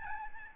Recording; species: mosquito wingbeat signal from an infrared sensor; Aedes albopictus